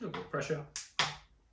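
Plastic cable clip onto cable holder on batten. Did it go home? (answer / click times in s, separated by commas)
yes / 1.0 s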